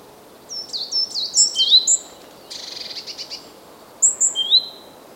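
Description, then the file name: Great tit calls: a run of high, thin notes sliding downward, then a brief buzzy rattling chatter, followed by a few more sharp high notes. "Parus major"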